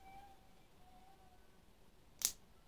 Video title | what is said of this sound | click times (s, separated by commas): RIG SHARK TIP LIGHT SMART | did you hear that then you know it's on | 2.2 s